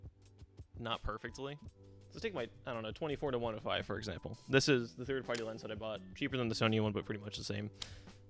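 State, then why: Not seated. A plastic lens hood is handled at the bayonet of a third-party 24-105 zoom lens while someone talks throughout, over a steady low hum. Nothing has seated or clicked yet; the hood is not yet in place.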